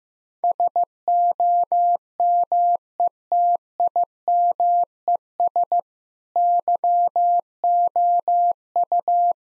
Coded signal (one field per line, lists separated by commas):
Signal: Morse code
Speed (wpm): 15 wpm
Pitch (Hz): 700 Hz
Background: none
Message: SOMETIMES YOU